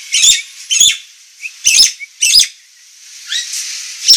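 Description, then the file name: Nias hill myna calls: loud, grating squawks at irregular intervals, mixed with brief whistled slurs, over a steady hiss. Persistent, full-voiced singing described as 'gacor' and noisy. "Kicau Jalak Nias Gacor Suara Berisik"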